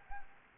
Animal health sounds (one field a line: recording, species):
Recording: mosquito wingbeat signal from an infrared sensor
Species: Anopheles gambiae